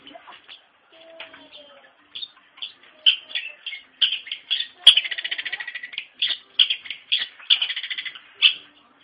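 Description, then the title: Long-tailed shrike song, irregular scratchy notes building into a fast buzzy trill, then more clipped chattering phrases. Singing lively (gacor). "Cendet Gacor"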